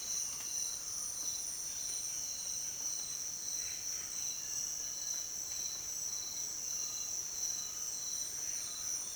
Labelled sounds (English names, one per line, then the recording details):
none
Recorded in dense forest near Puerto Asís, Putumayo, Colombia, on 29 June 2025 at 06:30
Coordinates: 0.484, -76.325
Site H65